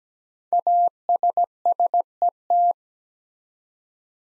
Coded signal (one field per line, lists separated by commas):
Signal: Morse code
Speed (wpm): 17 wpm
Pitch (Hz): 700 Hz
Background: none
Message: ASSET